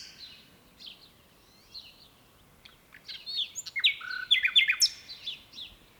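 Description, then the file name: Common nightingale song starting with faint scattered notes, then building into loud, quick, varied chirps and rattling phrases. "Luscinia megarhynchos"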